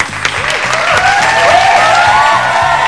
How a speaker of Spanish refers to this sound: Pase, pase, licenciada, pase. Un fuerte aplauso entonces para la licenciada